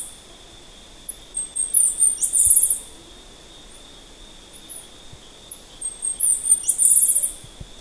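Bird calls, very high and thin: a few short notes leading into a rapid buzzy trill, heard twice, over a steady high-pitched hum.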